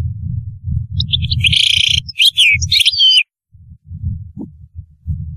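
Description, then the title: European goldfinch song: dense, high, tinkling twitters and bright sliding whistles over a low rumbling noise. "Chant Chardonneret"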